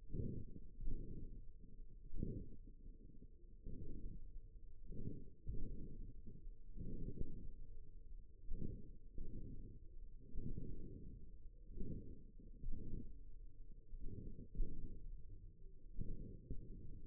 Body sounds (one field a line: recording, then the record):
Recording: forearm muscle sounds (acoustic myography)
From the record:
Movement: wrist extension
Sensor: system 1, eight BSWA MPA416 microphones around the upper forearm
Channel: 3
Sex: male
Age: 54 years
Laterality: right